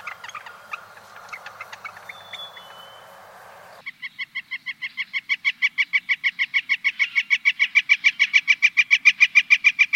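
Northern flicker: a rapid, even series of loud ringing notes that steadily grows louder, after a few seconds of fainter sound.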